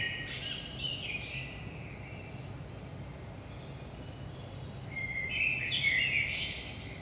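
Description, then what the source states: Common blackbird song: the end of one phrase, then a pause, then another fluted phrase climbing into a bright squeaky ending; low background hum. Saint-Gilles, Belgium, early morning around 5 am; recorded with DPA 4060 microphones in AB stereo position into a Zoom F3.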